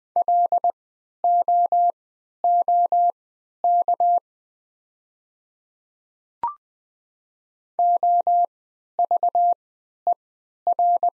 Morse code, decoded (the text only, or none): LOOK OVER